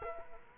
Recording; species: mosquito wingbeat signal from an infrared sensor; Culex quinquefasciatus